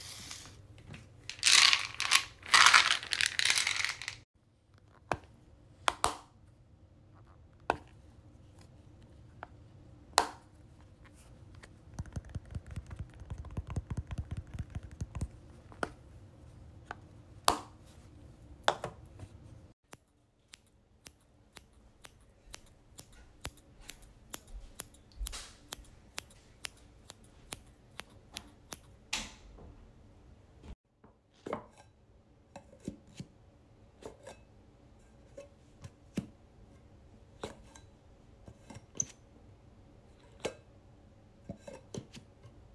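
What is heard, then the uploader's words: Satisfying noises recorded indoors: crisp snips, taps and clicks, some landing in quick regular runs around the twenty-to-thirty-second mark. A rustling burst opens the clip, with a low hum and soft handling sounds underneath, then sparser clicks toward the end. Satisfying noises at Molly’s house. Random objects around Molly‘s house that are nice noises.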